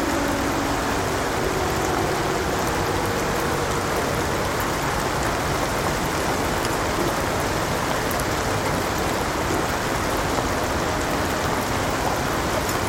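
Soft rain falls on a houseboat and the nearby waterway, a steady, dense patter that holds evenly for the whole clip. Beneath it runs a low, continuous rumble of city traffic, with faint faster ticks of drops scattered through the upper range.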